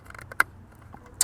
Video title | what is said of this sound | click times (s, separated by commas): GS Owners: Meet the Best CarPlay Upgrade! - S-Connect Wireless CarPlay & Android Auto Kit | Make sure you hear the click. | 0.4 s